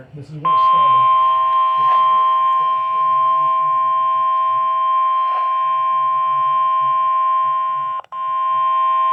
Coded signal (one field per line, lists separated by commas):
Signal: Emergency Alert System (SAME) tones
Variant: 1050 Hz attention tone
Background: speech